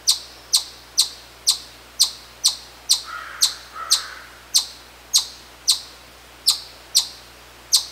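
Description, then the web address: Chipmunk calling with a fast series of sharp, high chips, with a softer lower sound briefly in the middle. "sound Tamias"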